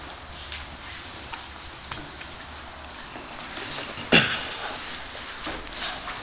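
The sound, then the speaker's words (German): A door shuts with one sharp, solid thud partway through, standing out against a steady low hiss, with a few faint clicks and taps before it. “Kann wir vielleicht die Tür zumachen, oder?”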